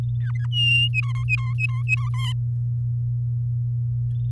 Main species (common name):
Domestic Canary